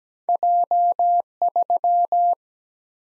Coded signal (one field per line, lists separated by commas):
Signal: Morse code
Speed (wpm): 17 wpm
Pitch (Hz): 700 Hz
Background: none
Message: J 3